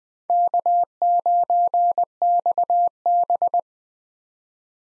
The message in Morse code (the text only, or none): K9XB